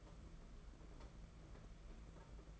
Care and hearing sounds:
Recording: daily activity, microphone in the room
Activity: take from stove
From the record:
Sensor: 5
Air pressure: 992.1 hPa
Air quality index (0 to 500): 211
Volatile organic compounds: 1000 ppm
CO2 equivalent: 6105 ppm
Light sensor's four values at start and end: 6/16/6/7 and 6/16/6/7

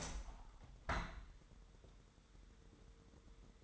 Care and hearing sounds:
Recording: daily activity, microphone in the room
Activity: open window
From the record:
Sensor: 3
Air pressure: 1000.0 hPa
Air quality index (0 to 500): 226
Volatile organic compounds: 97 ppm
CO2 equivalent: 3733 ppm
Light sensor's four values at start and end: 9/22/9/9 and 10/23/9/9

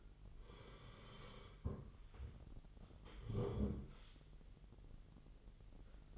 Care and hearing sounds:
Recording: daily activity, microphone in the room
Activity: sit down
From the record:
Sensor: 4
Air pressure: 999.3 hPa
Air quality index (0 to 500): 114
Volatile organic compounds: 2 ppm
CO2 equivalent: 1128 ppm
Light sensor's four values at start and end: 15/35/14/16 and 15/35/14/16

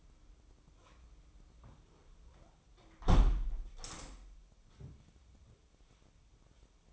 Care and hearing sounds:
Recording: daily activity, microphone in the room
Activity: close window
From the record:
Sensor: 1

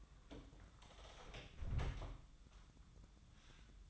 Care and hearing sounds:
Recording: daily activity, microphone in the room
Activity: close door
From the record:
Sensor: 3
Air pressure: 1004.8 hPa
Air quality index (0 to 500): 76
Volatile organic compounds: 2 ppm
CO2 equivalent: 1151 ppm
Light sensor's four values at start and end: 8/20/8/8 and 8/19/8/7

